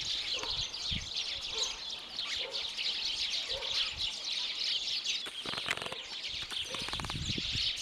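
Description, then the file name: House sparrow chirps, a dense continuous chatter of many overlapping high chirps throughout, with scattered low thumps and rustles. "Passer domesticus"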